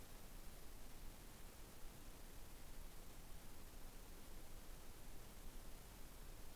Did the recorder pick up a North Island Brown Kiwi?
no